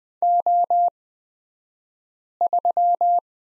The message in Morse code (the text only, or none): O3